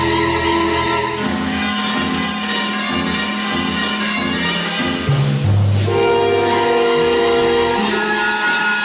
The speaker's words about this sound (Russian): Звякнув буферами, поезд плавно останавливается у перрона.